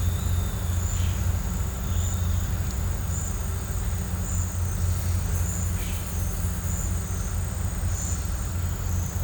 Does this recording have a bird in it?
no